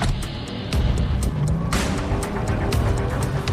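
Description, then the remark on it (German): A car engine roars as it accelerates, a dense low rumble that swells after a moment, with sharp crackling bursts scattered over the steady loud drone. No one speaks. “Fuller eilte um den Wagen herum und Liz wechselte auf den Beifahrersitz. Gas, komm!”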